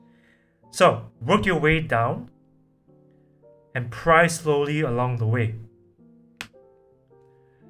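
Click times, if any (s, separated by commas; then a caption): 6.4 s. A pry tool is worked slowly along the plastic bracket holding the ear cushion to the earcup of a pair of Sony WH-1000XM4 headphones. Someone talks over quiet background music, then a single sharp click at 6.4 s marks the bracket clip popping free and releasing the earpad.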